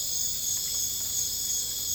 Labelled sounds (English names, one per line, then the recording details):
none
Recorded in dense forest near Puerto Asís, Putumayo, Colombia, on 22 December 2024 at 23:30
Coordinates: 0.484, -76.325
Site G056